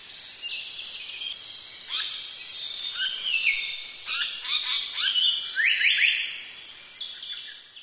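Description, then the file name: Japanese paradise flycatcher calling, a busy series of high whistled and sweeping notes. "sankocho"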